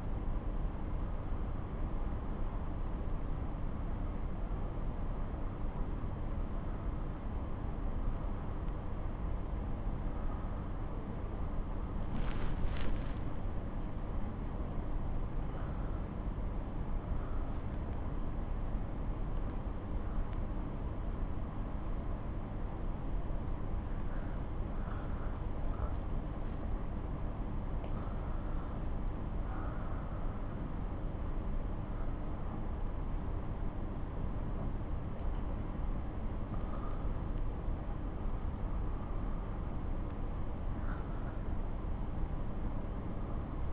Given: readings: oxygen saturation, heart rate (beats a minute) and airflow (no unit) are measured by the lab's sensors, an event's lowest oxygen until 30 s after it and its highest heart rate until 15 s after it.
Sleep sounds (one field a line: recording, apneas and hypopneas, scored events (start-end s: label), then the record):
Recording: a person awake in a sleep study, by a smartphone at the bedside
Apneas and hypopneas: none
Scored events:
0.00-43.72 s: awake
From the record:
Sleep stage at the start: awake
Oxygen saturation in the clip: 95 to 98%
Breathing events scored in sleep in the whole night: 217 in 6.3 hours asleep